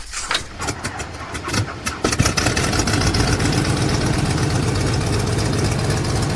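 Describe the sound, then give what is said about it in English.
The propeller engine of Lindbergh's plane, the Spirit of Saint-Louis, starts at 7:39 as a mechanic spins the propeller by hand. It sputters to life with a few uneven coughs and bursts, then catches and settles into a loud, steady, rumbling roar that continues without a break. “À mesure qu'il prend la vitesse, le moteur de l'avion se réveille et se met à gronder.”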